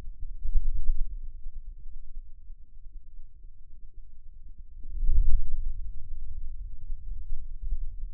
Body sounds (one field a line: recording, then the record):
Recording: forearm muscle sounds (acoustic myography)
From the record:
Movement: radial deviation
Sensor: system 2, bracelet of six BSWA MPA416 microphones around the upper forearm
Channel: 1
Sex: male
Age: 22 years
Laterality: right